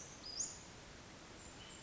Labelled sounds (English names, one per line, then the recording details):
Western Flycatcher
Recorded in Sonoma County, California